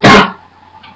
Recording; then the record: coughing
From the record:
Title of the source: Barking cough - # 10